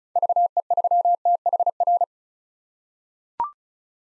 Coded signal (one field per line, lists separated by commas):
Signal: Morse code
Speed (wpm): 34 wpm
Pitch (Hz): 700 Hz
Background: none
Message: VE3THR